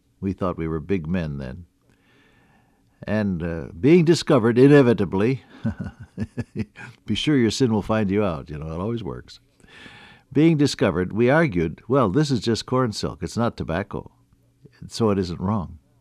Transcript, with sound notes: We thought we were big men then. And being discovered inevitably. [chuckle] Be sure your sin will find you out, you know, it always works. Being discovered, we argued, “Well, this is just corn silk, it’s not tobacco and so it isn’t wrong.”